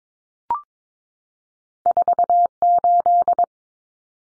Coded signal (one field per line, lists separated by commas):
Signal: Morse code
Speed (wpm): 22 wpm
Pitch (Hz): 700 Hz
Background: none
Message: 48